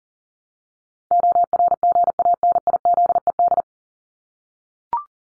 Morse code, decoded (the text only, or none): ORGANIZED